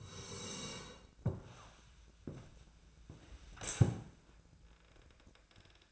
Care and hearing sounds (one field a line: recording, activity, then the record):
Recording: daily activity, microphone in the room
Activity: sit down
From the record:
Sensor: 2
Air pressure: 1000.3 hPa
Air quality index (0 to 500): 161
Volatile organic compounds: 3 ppm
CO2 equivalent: 1344 ppm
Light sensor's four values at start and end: 9/18/8/9 and 8/19/8/9